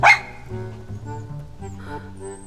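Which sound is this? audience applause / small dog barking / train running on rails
small dog barking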